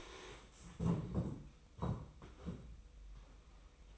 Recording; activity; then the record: daily activity, microphone in the room; stand up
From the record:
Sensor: 1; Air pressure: 990.5 hPa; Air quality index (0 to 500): 155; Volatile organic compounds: 1000 ppm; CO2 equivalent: 5616 ppm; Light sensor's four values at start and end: 28/66/28/31 and 28/66/28/31